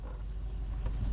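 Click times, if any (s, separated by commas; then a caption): none. A plastic protective cover is brought forward over the positive terminal nut on the battery power distribution box of a 2008 BMW 335Xi, to keep metal from touching the nut and shorting out the car. Only low, steady handling rustle and rumble are heard, getting slightly louder near the end. Nothing has seated or clicked yet.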